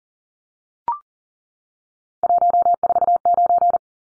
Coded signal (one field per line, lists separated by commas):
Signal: Morse code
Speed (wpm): 40 wpm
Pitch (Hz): 700 Hz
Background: none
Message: 149